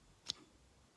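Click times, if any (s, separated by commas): 0.3 s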